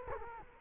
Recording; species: mosquito wingbeat signal from an infrared sensor; Culex quinquefasciatus